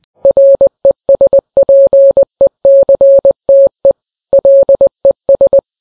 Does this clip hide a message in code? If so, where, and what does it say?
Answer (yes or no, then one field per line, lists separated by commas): yes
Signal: Morse code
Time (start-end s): 0.2-5.6 s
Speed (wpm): 20 wpm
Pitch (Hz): 550 Hz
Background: none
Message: RESPECTE LES